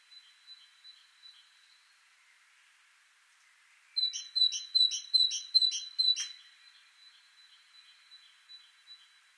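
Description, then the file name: Great tit: after faint high notes, a great tit bursts into about seven rapid two-note phrases, with a sharp click near the end of the run. "Parus major"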